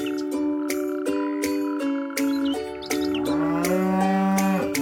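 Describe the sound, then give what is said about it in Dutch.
Wild cattle moo in long, steady, loud calls that overlap, one bellow sliding upward in pitch, with regular sharp clicks or tinkling beats repeating throughout. “Deze podcast gaat over wilde koeien.”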